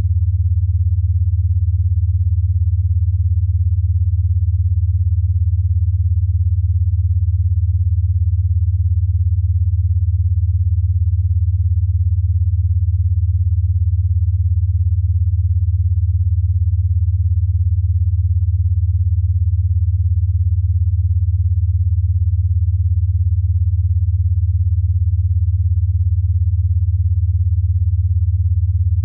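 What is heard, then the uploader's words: Binaural beats: a steady, deep low tone hums without pause for the whole half minute, sitting well below mid pitch with nothing bright above it. The level never shifts, and no other sounds, voices or events break the drone. Binaural Beats.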